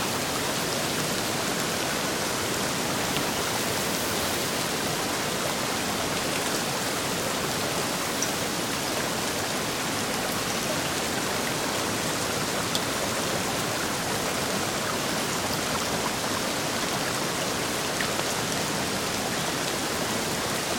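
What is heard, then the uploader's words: Rain falls steadily by a riverbank as a dense, even hiss with a soft bright top, unchanging throughout with no distinct events. RAINY RIVERBANK • A Delicate Background Noise to Work.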